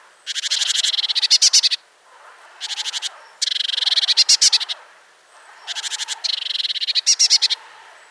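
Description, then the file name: Eurasian blue tit churr calls: repeated harsh, rattling trills in several bursts, some ending in louder harsh notes, with short pauses between. "Cyanistes caeruleus"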